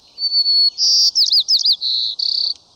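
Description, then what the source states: White-crowned Sparrow song: a clear whistled note, a higher whistled note, a few quick slurred notes, then a steady note and a buzzy trill to end. Buzzy song repeated on spring and summer days and moonlit nights, often up to 15 times a minute, in the western United States; phrased as "See me, pretty, pretty me"; regional dialects.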